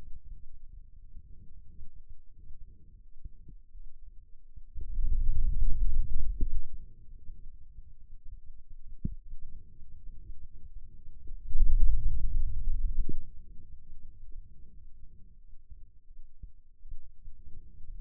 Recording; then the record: forearm muscle sounds (acoustic myography)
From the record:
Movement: hand opening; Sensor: system 2, bracelet of six BSWA MPA416 microphones around the upper forearm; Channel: 2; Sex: male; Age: 22 years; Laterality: right